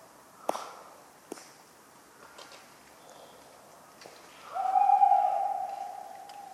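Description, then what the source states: Tawny owl hoot, a long steady hollow note near the end, after soft breathy snore-like sounds and a few sharp clicks of falling acorns. Talkative tawny owl at night, cold 11 November 1995, Ménigoute ornithological film festival, France; autumn ambience with regularly falling acorns; the recordist fell asleep, mixing in his sleeping sounds.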